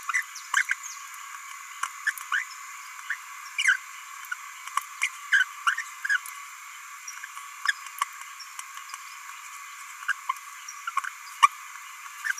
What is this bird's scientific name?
Forpus passerinus